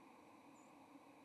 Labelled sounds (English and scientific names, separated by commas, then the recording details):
White-throated Sparrow (Zonotrichia albicollis) flight call
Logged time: 07:29 on 30 October 2014